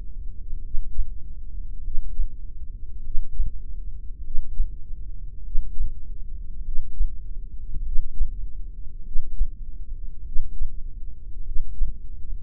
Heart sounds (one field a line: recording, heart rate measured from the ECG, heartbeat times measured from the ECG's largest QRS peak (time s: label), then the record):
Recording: heart sounds by microphone in the left ear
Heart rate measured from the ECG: 50 bpm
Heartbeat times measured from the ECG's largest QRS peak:
0.62 s: heartbeat
1.83 s: heartbeat
3.03 s: heartbeat
4.23 s: heartbeat
5.43 s: heartbeat
6.64 s: heartbeat
7.84 s: heartbeat
9.04 s: heartbeat
10.24 s: heartbeat
11.44 s: heartbeat
From the record:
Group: heart failure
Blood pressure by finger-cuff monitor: 95/53 mmHg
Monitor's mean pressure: 63 mmHg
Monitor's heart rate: 50 bpm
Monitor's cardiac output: 3.6 L/min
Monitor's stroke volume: 72 mL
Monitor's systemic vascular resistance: 1250 dyn s/cm5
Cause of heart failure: cardiac sarcoid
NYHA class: 1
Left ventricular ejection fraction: 39%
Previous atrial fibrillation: present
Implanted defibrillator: present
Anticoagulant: apixaban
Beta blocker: carvedilol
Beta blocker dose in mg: 50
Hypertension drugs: ramipril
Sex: male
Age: 79 years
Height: 184 cm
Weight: 92.5 kg